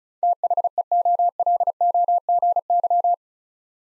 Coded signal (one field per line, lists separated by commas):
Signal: Morse code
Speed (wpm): 36 wpm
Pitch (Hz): 700 Hz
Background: none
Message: THEOLOGY